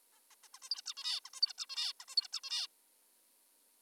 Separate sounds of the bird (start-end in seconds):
0.12-0.20, 0.31-0.35, 0.44-0.48, 0.54-0.59, 0.62-0.69, 0.71-0.82, 0.86-0.94, 0.97-1.20, 1.26-1.30, 1.34-1.41, 1.42-1.53, 1.58-1.66, 1.70-1.93, 2.00-2.05, 2.08-2.16, 2.17-2.28, 2.33-2.40, 2.44-2.67